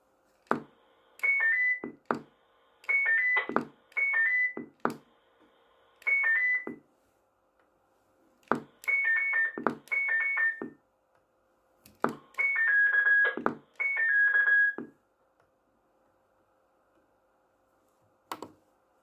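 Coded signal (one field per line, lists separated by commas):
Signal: roger beep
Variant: Galaxy CB radio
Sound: about ten short key-ups, each clicking then playing brief stepped beep tones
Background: radio key clicks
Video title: Custom 6 digit Galaxy Pluto - Roger beep checkout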